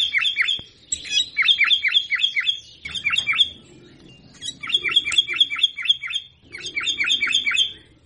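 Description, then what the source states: Sooty-headed bulbul singing in bursts of rapid bright chirping phrases separated by brief gaps of near silence. Singing actively, described with the Indonesian term gacor.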